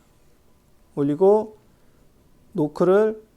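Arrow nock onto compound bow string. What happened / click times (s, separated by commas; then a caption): No seating click yet; only someone talking while the part is handled / none. The arrow is placed on the rest of a compound bow and its plastic nock is being handled toward the bowstring, between the nock points or D-loop. Someone talks in two short bursts, around 1.0–1.5 s and 2.5–3.3 s, over a quiet background. Nothing has seated or clicked yet; the nock has not snapped onto the string.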